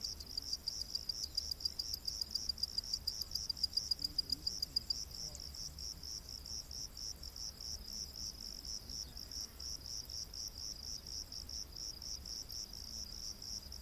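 Crickets chirp in a dense, fast pulsing chorus, a high bright trill that never stops. The pulses are sharper and louder for the first five seconds, then settle into a slightly softer, even buzz. A faint low rumble sits underneath throughout.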